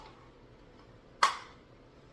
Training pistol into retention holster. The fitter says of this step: did you heard how it clicked in there